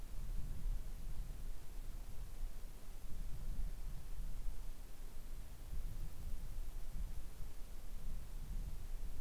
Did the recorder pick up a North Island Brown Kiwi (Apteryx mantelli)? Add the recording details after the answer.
no. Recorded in New Zealand on 2 February 2014. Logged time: 22:59. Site CA73